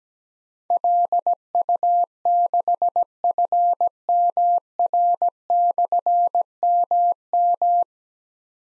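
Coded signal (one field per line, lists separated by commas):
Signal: Morse code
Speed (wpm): 17 wpm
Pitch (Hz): 700 Hz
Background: none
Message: LU6FMR/MM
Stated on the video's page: Morse practice drill of difficult call signs containing slashes at 17 wpm, each sent, spoken, then sent again.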